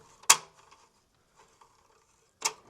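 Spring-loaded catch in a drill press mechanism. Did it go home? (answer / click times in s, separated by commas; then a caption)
yes / 0.3 s. A refitted spring-loaded catch with a flathead screw, in a small mechanism of a vintage Buffalo No.18 drill press being reassembled, is worked by hand and snaps into place with a loud, sharp click at 0.3 s, showing it seats and works. A faint tick comes just before it, then quiet mechanical rattles, and a second, softer sharp hit follows at 2.5 s.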